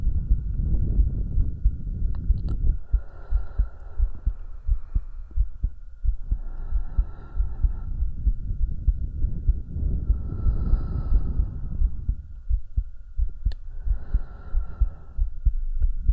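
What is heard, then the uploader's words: A heartbeat thumps low and steady through the whole clip, with breathing heard as soft, airy swells rising and fading about every three to four seconds. A faint, thin hum holds underneath the entire time. ASMR Hugging your Head HeartBeat with Breathing.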